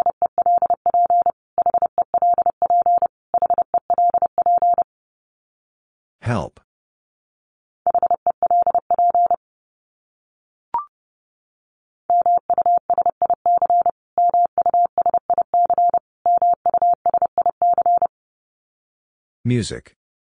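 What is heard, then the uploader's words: A word is sent three times in Morse code as a steady mid-pitched beep, broken into quick dots and longer dashes. The three runs are separated by silent pauses, with brief noisy crackles near 6 and 20 seconds and a tiny click around 11 seconds. Top 500 Words Repeated 30wpm. First, the word is sent three times in Morse code.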